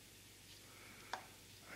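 A small spine machine screw on a Spyderco Southard Flipper folding knife, fitted with carbon fiber scales, is turned backwards in the frame until its thread start drops into the mating thread. A sharp click at 1.1 s marks the screw popping down into alignment over a low, steady background hum. The screw is seated with its thread lined up.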